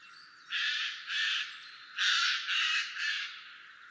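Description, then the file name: Eurasian jay calling with five harsh, noisy screeches in quick succession, in two clusters. "Garrulus glandarius"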